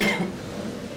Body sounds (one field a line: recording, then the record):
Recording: coughing mixed with background sound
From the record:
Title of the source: Man Coughing Sound - Wet Cough Sound Effect